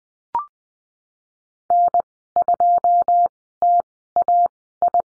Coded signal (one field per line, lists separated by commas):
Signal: Morse code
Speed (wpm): 20 wpm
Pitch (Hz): 700 Hz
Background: none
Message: N2TAI